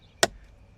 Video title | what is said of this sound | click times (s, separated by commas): 2024 Honda CR-V Engine & Cabin Air Filter Replacement- Easy DIY | and you should hear a click, and there it is. | 0.2 s